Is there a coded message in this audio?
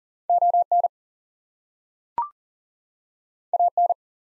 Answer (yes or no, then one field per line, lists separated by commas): yes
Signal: Morse code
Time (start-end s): 0.3-3.9 s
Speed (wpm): 39 wpm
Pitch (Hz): 700 Hz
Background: none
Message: ON AN